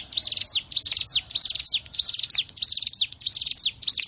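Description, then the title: Bar-winged prinia singing a fast, almost continuous run of shrill downslurred notes grouped in short bursts in quick succession. "Ciblek Sawah"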